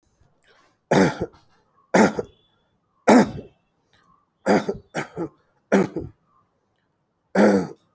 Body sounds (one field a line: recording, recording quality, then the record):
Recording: shallow voluntary cough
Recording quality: excellent, no background noise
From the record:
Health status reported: healthy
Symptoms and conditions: diabetes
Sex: male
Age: 50 years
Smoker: yes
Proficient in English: yes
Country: India